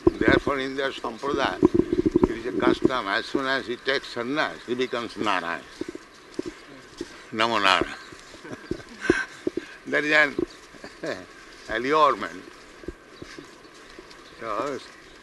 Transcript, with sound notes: Therefore in their sampradāya it is a custom, as soon as he takes sannyāsa, he becomes Nārāyaṇa. "Namo nārāyaṇa." [laughs] That is an allurement. So